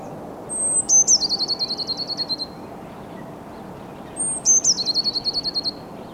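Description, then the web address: Eurasian blue tit calling twice, about three and a half seconds apart, each a sharp high note followed by a rapid buzzy run of roughly ten notes, over faint background hiss. "SETE data Cyanistes caeruleus"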